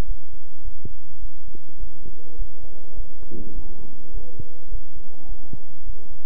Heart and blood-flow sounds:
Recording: heart sounds by stethoscope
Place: between the tricuspid and mitral areas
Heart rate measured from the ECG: 104 bpm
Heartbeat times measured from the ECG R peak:
0.06 s: heartbeat
0.63 s: heartbeat
1.20 s: heartbeat
1.78 s: heartbeat
2.36 s: heartbeat
2.95 s: heartbeat
3.53 s: heartbeat
4.12 s: heartbeat
4.69 s: heartbeat
5.27 s: heartbeat
5.84 s: heartbeat
From the record:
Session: bicycle stress test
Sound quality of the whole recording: good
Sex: male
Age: 26 years

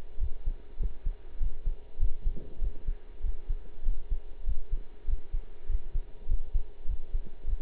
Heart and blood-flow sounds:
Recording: heart sounds by stethoscope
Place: between the tricuspid and mitral areas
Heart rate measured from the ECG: 99 bpm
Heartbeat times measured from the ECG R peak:
0.19 s: heartbeat
0.78 s: heartbeat
1.39 s: heartbeat
1.99 s: heartbeat
2.60 s: heartbeat
3.22 s: heartbeat
3.84 s: heartbeat
4.45 s: heartbeat
5.06 s: heartbeat
5.68 s: heartbeat
6.28 s: heartbeat
6.87 s: heartbeat
7.46 s: heartbeat
From the record:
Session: pedaling a stationary bicycle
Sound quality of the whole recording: partially saturated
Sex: male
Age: 23 years

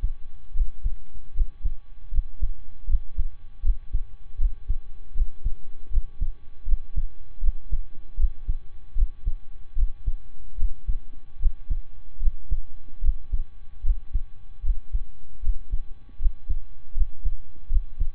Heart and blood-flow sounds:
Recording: heart sounds by stethoscope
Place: between the tricuspid and mitral areas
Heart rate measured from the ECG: 77 bpm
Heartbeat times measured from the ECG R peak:
0.51 s: heartbeat
1.31 s: heartbeat
2.08 s: heartbeat
2.84 s: heartbeat
3.60 s: heartbeat
4.35 s: heartbeat
5.11 s: heartbeat
5.87 s: heartbeat
6.63 s: heartbeat
7.38 s: heartbeat
8.14 s: heartbeat
8.92 s: heartbeat
9.73 s: heartbeat
10.54 s: heartbeat
11.36 s: heartbeat
12.17 s: heartbeat
12.99 s: heartbeat
13.80 s: heartbeat
14.60 s: heartbeat
15.39 s: heartbeat
16.16 s: heartbeat
16.91 s: heartbeat
17.66 s: heartbeat
From the record:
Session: slow and fast walking with breaks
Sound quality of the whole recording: saturated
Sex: male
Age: 25 years

